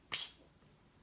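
A removable plastic cap is pressed onto a felt-tip eyeliner pen and snaps on with a single sharp, bright click at 0.1 s, then fades quickly into quiet. The cap is seated, and the click confirms it has clicked in to seal the felt tip and retain moisture so it doesn't dry out.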